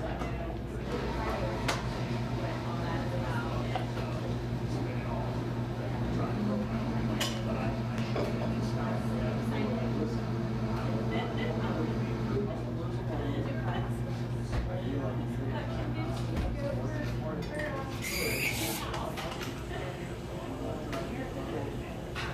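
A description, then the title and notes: A buzzing coffee shop with a steady wash of overlapping conversation throughout. A low, even hum runs under the voices until about 17 seconds, when it stops, and a brief hissing burst follows around 18 seconds, with scattered clinks and knocks along the way. A buzzing coffee shop.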